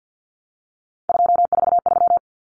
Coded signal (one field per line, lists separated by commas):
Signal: Morse code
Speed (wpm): 50 wpm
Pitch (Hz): 700 Hz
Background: none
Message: 243